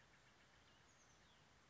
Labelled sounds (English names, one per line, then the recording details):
Oak Titmouse
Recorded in Sonoma County, California